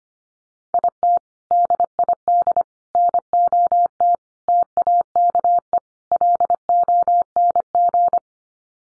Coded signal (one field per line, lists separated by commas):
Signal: Morse code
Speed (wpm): 25 wpm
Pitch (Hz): 700 Hz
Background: none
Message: IT DID NOT TAKE LONG